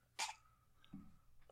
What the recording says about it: That's how I sneeze. I sound like a mouse all the time.